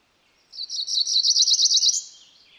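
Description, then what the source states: Cerulean warbler song, a rapid buzzy series of high notes lasting about one and a half seconds. Female.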